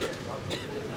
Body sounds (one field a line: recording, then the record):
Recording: coughing mixed with background sound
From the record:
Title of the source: 55 gaggy wet cough